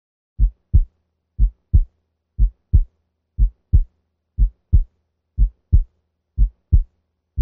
Listen in the aortic area, where S1 is heard as a single sound. Note that in the aortic area, S2 is louder than S1. Listen first at 60 beats per minute.